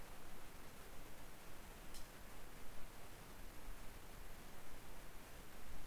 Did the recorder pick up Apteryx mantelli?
no